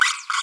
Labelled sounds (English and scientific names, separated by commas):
Green-rumped Parrotlet (Forpus passerinus) babbling